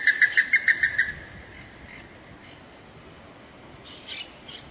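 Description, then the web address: Plumbeous ibis call: a rapid run of about seven strong, evenly spaced notes in the first second, followed by quieter background with a few faint sounds. "Plumbeous ibis. صدای-پرنده-اکراس-سربی"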